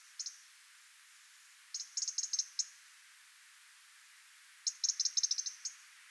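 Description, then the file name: European robin tick calls: brief high clicks, then two quick stuttering runs of sharp ticks about three seconds apart, with nothing else heard. "Erithacus rubecula"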